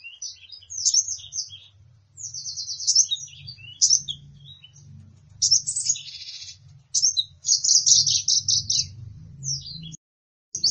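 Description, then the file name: Sunbird song: a fast, high twittering of chirps and short buzzy trills in bursts, over a faint low hum. Sunbird sound intended for luring birds and provoking them to call. "suara burung madu untuk memancing bunyi"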